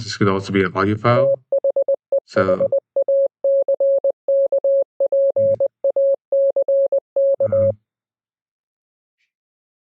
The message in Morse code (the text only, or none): THEHACKPACK